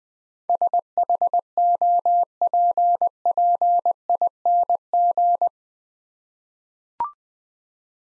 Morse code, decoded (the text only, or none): SHOPPING